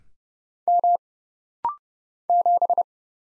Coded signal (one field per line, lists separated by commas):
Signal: Morse code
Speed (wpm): 30 wpm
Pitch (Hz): 700 Hz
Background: none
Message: M 7